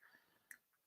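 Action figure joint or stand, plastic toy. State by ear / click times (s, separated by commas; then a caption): seated / 0.5 s. A plastic collectible action figure, a Karate Kid collection piece, is fitted into a standing position, its joint or stand seating with one sharp, short click at 0.5 seconds. The click is bright and high-pitched against a quiet background, with a softer tap near the start. The piece clicks into place.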